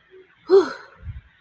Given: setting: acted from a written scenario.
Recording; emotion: vocal sound without words; relief